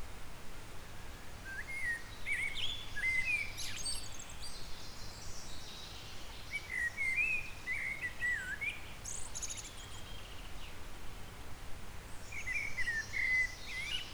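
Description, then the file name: Eurasian blackbird singing three mellow warbled phrases, each followed by thin high chattering notes, with gaps of several seconds and a constant low rumble beneath. "Turdus merula"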